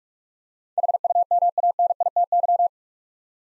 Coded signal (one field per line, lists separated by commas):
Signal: Morse code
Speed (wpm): 43 wpm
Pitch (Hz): 700 Hz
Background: none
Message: HUMANITY